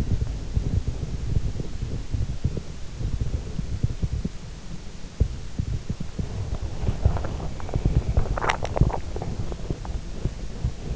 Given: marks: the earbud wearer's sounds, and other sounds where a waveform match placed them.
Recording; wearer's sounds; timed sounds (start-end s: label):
sounds in sleep by an in-ear microphone; body movement
1.12-10.96 s: body movement